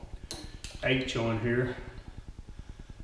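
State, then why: Seated. A small cutter end is pushed onto the end of the drain cleaning cable of a Rigid K 1500B sewer drain cleaner until its coupling locks. A sharp click is heard at 0.3 s, followed by a second sharp sound at about 0.6 s, while someone talks over a steady low rhythmic pulsing. The cutter end is seated and locked onto the cable.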